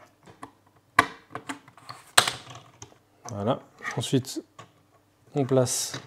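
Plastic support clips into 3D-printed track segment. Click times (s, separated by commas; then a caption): 1.0 s, 2.2 s. Small 3D-printed plastic supports are snapped in behind assembled caterpillar track segments, with sharp plastic clicks at 1.0 s and 2.2 s and softer handling ticks around them. Someone talks afterward, and the supports end up seated in place.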